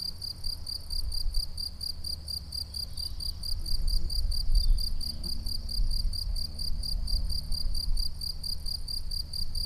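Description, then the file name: Rapid cricket chirping, a shrill pulse repeated several times a second, continues over steady low rumbling. "grillons"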